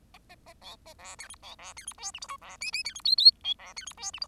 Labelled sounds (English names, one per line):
Bengalese Finch song